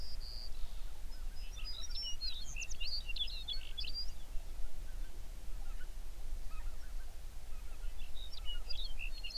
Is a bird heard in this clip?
yes